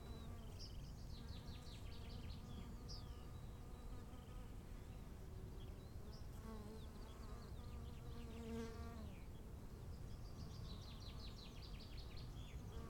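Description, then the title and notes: Bees buzzing as a low steady hum, with bird calls and trills above, and wind noise. Recorded at 15:15 on a field path to the Bruder-Klaus chapel, Wachendorf, with birds, wind and stillness. "15:15 feldweg zur bruder-klaus-kapelle, bienen, vögel, wind, stille. wachendorf, feldweg"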